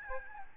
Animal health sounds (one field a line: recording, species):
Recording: mosquito wingbeat signal from an infrared sensor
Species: Aedes albopictus